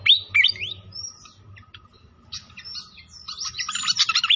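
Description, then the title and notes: Pied fantail singing clear high whistles that sweep up and down, a short pause, then a dense twittering burst, over a soft low rumble. Masteran (training), clear voice, mixed with the sound of flowing water. "Masteran Sikatan Kipas Suara Jernih Dan Suara Gemericik Air. Suara Burung Sikatan Londo"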